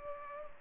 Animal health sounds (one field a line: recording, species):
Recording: mosquito wingbeat signal from an infrared sensor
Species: Culex pipiens